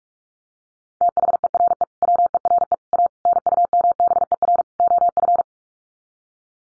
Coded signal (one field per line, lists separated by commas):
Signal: Morse code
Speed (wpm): 44 wpm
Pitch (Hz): 700 Hz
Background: none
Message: THERE WERE A NUMBER OF